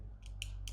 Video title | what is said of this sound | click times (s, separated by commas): The Ultimate EDC Knife? NexTool Explorer E20 | locks in place. | 0.4 s